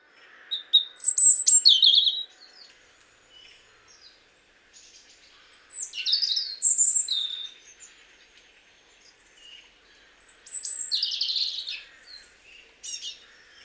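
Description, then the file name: European robin song: three high, tumbling phrases of thin whistles and rapid twitters, each about two seconds long, separated by pauses of several seconds. "Erithacus rubecula"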